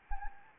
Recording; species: mosquito wingbeat signal from an infrared sensor; Anopheles gambiae